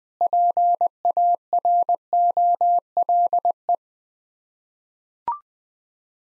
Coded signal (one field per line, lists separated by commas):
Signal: Morse code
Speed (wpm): 20 wpm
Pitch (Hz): 700 Hz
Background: none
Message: PAROLE